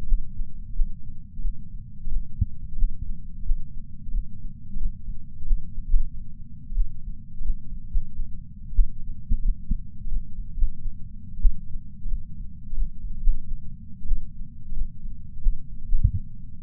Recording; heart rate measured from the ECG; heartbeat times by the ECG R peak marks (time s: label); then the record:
heart sounds by patch sensor on the chest; 99 bpm
0.75 s: heartbeat
1.43 s: heartbeat
2.11 s: heartbeat
2.78 s: heartbeat
3.45 s: heartbeat
4.13 s: heartbeat
4.80 s: heartbeat
5.46 s: heartbeat
5.79 s: heartbeat
6.76 s: heartbeat
7.44 s: heartbeat
7.90 s: heartbeat
8.41 s: heartbeat
8.75 s: heartbeat
9.44 s: heartbeat
10.11 s: heartbeat
10.57 s: heartbeat
11.41 s: heartbeat
12.10 s: heartbeat
12.77 s: heartbeat
13.22 s: heartbeat
13.76 s: heartbeat
14.07 s: heartbeat
14.75 s: heartbeat
15.42 s: heartbeat
15.88 s: heartbeat
From the record:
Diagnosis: coronary artery disease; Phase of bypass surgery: postoperative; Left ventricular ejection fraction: 56.9%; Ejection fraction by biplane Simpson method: 54%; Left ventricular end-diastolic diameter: 47 mm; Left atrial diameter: 43 mm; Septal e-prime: 5 cm/s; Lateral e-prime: 5.3 cm/s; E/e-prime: 10.9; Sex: male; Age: 77 years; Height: 160 cm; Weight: 79.5 kg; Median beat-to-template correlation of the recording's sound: 0.62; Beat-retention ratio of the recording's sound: 1.00